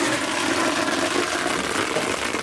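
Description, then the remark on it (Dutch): Kale deep-frying in hot oil in a restaurant kitchen in Utrecht, just before opening time, a loud, steady sizzling hiss dotted with dense, rapid crackles and pops that continue unbroken for the whole stretch, with no voices. “Boerenkool frituren.”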